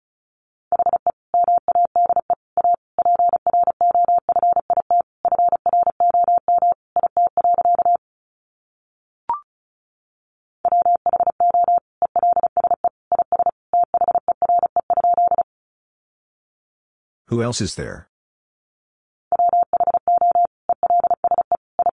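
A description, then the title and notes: Morse code tapped out as a steady mid-pitched beeping tone, short and long pulses in quick bursts from about 1 to 8 seconds, 10.5 to 15.5, and 19.5 onward. A brief click sounds near 9 seconds, and a short noisy rustle interrupts the silence around 17.5 seconds. Sentences from Top 800 Words 35wpm. First, the words are sent in Morse code. Then it is spoken.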